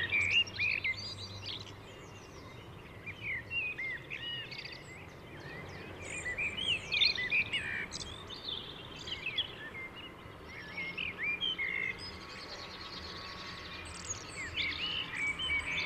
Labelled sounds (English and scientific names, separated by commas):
Common Blackbird (Turdus merula) song